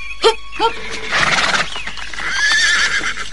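A ridden horse whinnies in a high, wavering call after a couple of sharp snorts as its riders prepare to dismount, while hooves clop and shuffle beneath it.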